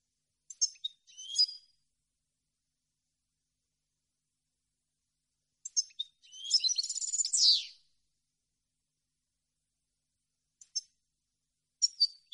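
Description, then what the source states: European goldfinch with scattered high chirps and one two-second burst of fast, tinkling twitter and buzzy notes midway, the rest mostly silence. Clean goldfinch song on CD, for birds to copy as song training.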